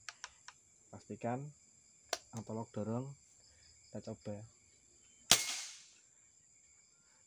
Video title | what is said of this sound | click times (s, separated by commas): Tutorial dan pengenalan part afc | jadi harus Sampai bunyi klik pastikan | 0.1 s, 0.2 s